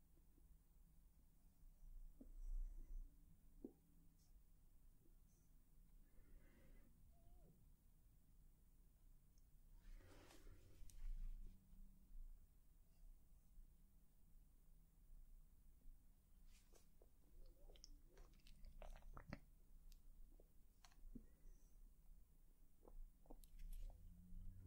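Quiet brushing and touching sounds with soft rustles and occasional light taps, scattered irregularly across the recording. A louder brushing sweep comes around ten seconds, and a cluster of sharper clicks and scrapes follows near sixteen to twenty seconds, over a faint low hum.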